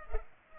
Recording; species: mosquito wingbeat signal from an infrared sensor; Culex pipiens